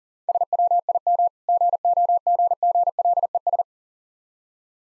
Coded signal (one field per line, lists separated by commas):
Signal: Morse code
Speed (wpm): 40 wpm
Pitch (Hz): 700 Hz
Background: none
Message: SWIM GOGGLES